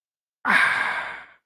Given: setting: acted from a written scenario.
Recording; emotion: vocal sound without words; contentment